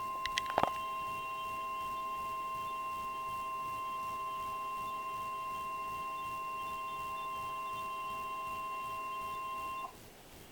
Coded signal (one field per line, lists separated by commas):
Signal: Emergency Alert System (SAME) tones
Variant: 1050 Hz attention tone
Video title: 4 EAS Alerts in 1!!! A new Record!!!